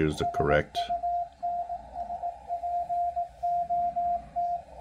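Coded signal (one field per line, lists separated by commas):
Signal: Morse code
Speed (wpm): 18 wpm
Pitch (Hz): 700 Hz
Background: speech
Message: SUNSPOT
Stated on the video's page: Received on a Yaesu FTdx10, demonstrating its digital noise reduction (DNR).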